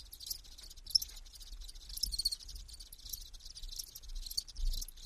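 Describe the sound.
Insects keep up a steady, shrill buzzing chorus with pulsing surges, over a low rumbling noise.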